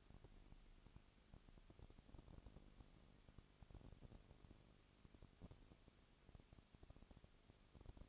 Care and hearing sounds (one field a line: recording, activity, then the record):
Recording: daily activity, microphone in the room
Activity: no activity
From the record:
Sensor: 4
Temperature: 22.3 degrees Celsius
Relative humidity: 32.7%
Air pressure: 1001.9 hPa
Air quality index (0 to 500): 186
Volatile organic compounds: 4 ppm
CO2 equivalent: 1639 ppm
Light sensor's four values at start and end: 2/3/1/1 and 2/3/1/1